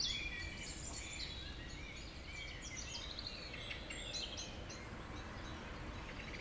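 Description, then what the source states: Birds singing, a mix of high chirps and short whistled phrases from several birds against steady low background noise. Evening village birds around 8 pm in Tregastel, Pleumeur-Bodou, France; humid weather; April 2019; recorded with an MKH 8040 ORTF pair, Rycote windshield, Zoom H5.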